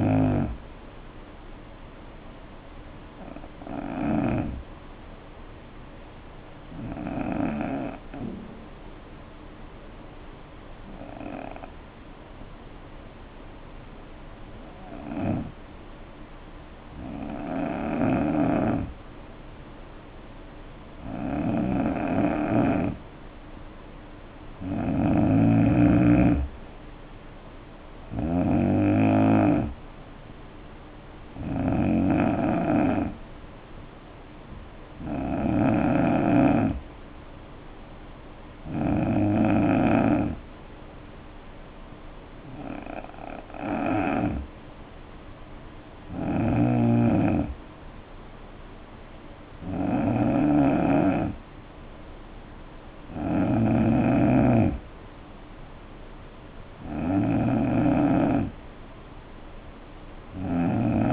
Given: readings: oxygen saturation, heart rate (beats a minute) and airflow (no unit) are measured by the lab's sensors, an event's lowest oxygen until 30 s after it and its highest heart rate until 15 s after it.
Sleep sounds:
breathing in sleep by a voice recorder at the bedside; 2
3.00-23.20 s: hypopnea (N2, oxygen 94% highest, then 84% lowest, heart rate 58 at the start, 72 highest)
36.00-48.20 s: hypopnea (N2, oxygen 91% highest, then 89% lowest, heart rate 65 at the start, 69 highest)
From the record:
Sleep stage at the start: N2 (light sleep); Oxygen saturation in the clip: 84 to 94%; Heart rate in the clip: 57 to 72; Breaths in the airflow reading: 16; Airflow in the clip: -5.3 to 3.6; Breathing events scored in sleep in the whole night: 520 in 7.2 hours asleep

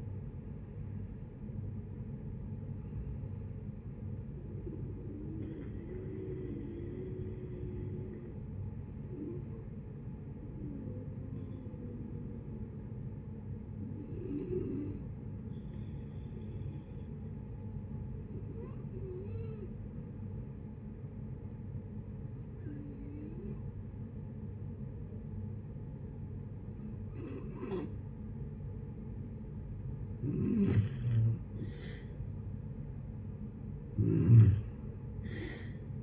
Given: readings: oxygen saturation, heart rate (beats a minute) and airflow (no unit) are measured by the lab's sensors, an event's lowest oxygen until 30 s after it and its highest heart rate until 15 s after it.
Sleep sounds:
breathing in sleep by a smartphone at the bedside; 1
13.00-31.40 s: hypopnea (N1, oxygen 96% highest, then 86% lowest, heart rate 59 at the start, 71 highest)
28.00-36.03 s: new sleep stage, N2 (light sleep)
From the record:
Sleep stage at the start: N1 (lightest sleep); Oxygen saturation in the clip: 86 to 96%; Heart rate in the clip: 58 to 79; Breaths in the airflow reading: 8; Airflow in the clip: -9.2 to 15.4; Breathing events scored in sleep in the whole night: 496 in 5.4 hours asleep

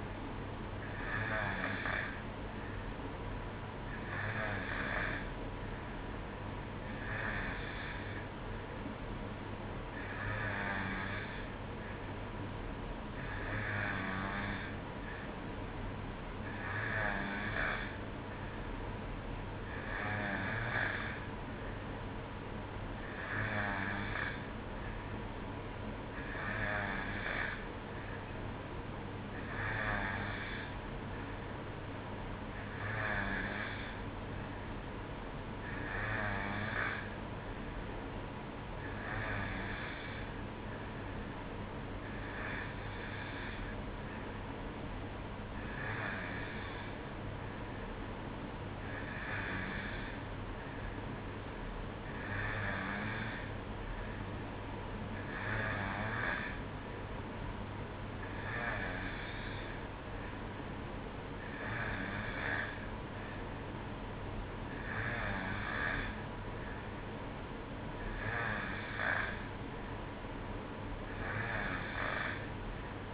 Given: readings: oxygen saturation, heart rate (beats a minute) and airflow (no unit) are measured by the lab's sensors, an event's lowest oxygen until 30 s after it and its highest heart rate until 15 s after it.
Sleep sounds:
breathing in sleep by a voice recorder at the bedside; none
none scored
From the record:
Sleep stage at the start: N2 (light sleep); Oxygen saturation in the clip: 91%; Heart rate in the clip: 62 to 65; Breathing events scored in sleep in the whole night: 305 in 9.6 hours asleep

